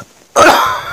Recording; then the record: coughing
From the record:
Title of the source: Heavy cold and sore throat coughing.